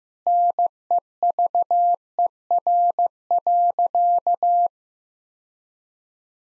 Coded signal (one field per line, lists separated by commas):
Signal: Morse code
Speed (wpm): 15 wpm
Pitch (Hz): 700 Hz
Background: none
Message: NEVER.